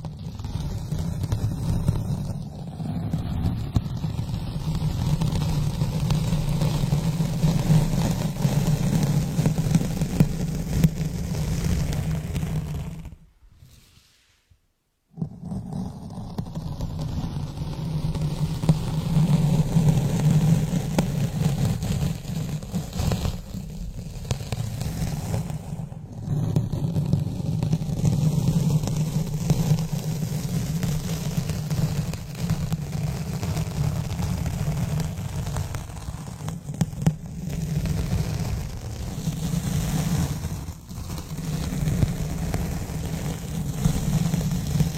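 Fingernails rub steadily against a microphone, a dense low scratchy rumble with gritty hiss, broken by a brief silence around fourteen seconds.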